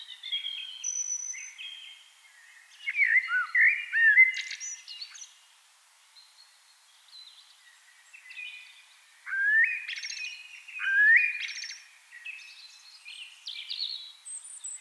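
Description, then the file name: Eurasian blackbird song: two separate bursts of mellow fluted warbling, each finishing in squeaky high twitters, with quiet gaps between. "Turdus merula"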